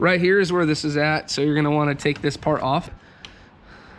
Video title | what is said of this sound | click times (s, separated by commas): Scovel Motorsports Bumper Spacer Kit for 2011-2025 Chevy GMC 2500 3500 Trucks! (Install) | You can hear that little click right there. And it came right off. | 3.2 s